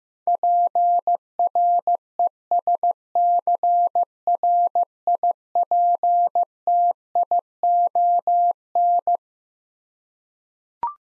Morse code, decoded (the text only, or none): PRESCRIPTION